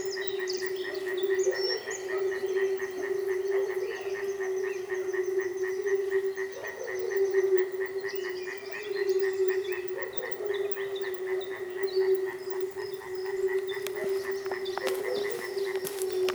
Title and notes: Manušice 28, 471 11 Česká Lípa, Česko - Frogs. Frog reservation